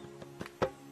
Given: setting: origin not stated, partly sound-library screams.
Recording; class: one-second piece from a danger detection set; normal situation